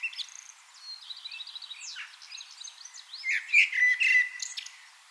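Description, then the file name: Common blackbird: soft high twittering, then a clear blackbird phrase of rich fluty notes with squeaky accents toward the end. "Turdus merula"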